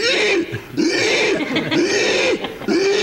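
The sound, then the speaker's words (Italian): A voice imitates pigs squealing as they are slaughtered at a pork-processing plant where 500 pigs were killed each morning, in a run of loud, strained, high shrieks with brief breaks between them, each cry wavering and rising in pitch over about three seconds. “grugnir di maiali laggiù, quell'odore che ogni tanto viene su un salumificio, non si poteva pretendere, non era un profumo, insomma, ammazzavano 500 maiali ogni mattina e noi avevamo proprio la presenza fonica di queste 500 uccisioni che erano così.”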